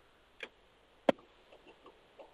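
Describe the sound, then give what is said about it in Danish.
A car's turn signal ticking: sharp clicks repeating at a steady pace, one loud tick standing out and the later ones fainter, with no talking over them. “Men lad os høre det blinklys der.”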